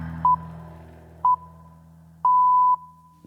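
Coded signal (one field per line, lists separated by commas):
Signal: radio time signal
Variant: BBC Greenwich Time Signal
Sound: two short 1 kHz pips a second apart, then one half-second pip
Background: low hum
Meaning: The start of the long final pip marks the exact start of the hour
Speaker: but first it is time for the news with J steel right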